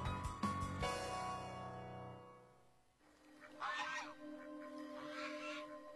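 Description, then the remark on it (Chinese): Harsh, nasal goose honks ring out in a loud, overlapping burst at first, then fade and return as a rougher, lower-pitched chorus of calls over steady background noise. “鹅鹅鹅，曲项向天歌，白毛浮绿水，红爪拨清波。”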